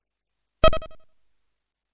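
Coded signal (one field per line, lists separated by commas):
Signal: none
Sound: game music beeps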